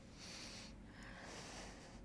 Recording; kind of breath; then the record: one breath in and out by a microphone near the nose and mouth; deep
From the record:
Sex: male